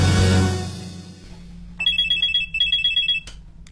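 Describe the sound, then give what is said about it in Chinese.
A telephone rings with a rapid, high electronic warble, sounding in two quick bursts of pulsing tones after a loud, rushing swell of noise fades away; the call is from a thief calling again. “窃贼又来电话了，还是要50万，我们正在拖延时间。”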